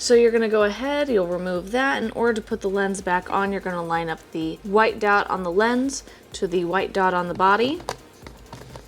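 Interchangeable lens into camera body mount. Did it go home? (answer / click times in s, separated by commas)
no / none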